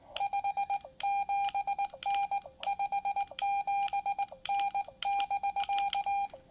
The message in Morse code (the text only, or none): 57N 57N <BK>